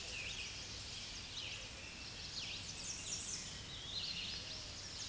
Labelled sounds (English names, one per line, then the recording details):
American Redstart song
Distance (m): 45 m
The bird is about 20 m above the microphone
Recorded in a Pennsylvania forest on 16 May 2024 at 07:39
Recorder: AudioMoth, point MSD-2478
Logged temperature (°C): 15.6 °C
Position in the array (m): 56 m, 233 m